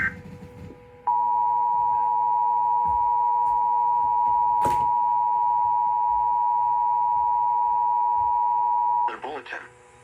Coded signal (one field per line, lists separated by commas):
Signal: Emergency Alert System (SAME) tones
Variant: 853 and 960 Hz attention tone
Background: speech